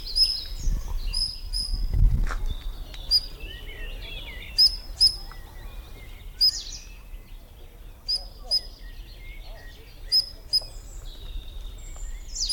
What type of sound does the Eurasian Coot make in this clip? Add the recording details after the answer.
call. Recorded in the wild. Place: Liepnitzsee, Brandenburg, DE. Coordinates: 52.75, 13.51. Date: 1995-05-06 19:34. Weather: heiter, 20°C, böiger Wind. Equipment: Marantz CP 430, Sennheiser ME 80, Kopie Uher 4000 Report Monitor. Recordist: Tembrock, Günter